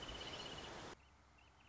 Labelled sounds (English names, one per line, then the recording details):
Wrentit
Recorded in Sonoma County, California